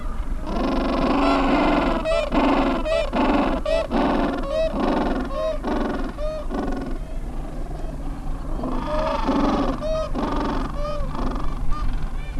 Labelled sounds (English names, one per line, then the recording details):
Gentoo Penguin
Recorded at the colony at Yankee Harbour, Antarctica, on 7 December 2015
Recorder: Song Meter SM2+